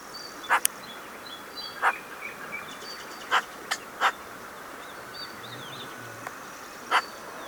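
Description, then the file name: Eurasian magpie giving scattered rasping chack notes at uneven intervals, about seven in all. "Pica pica"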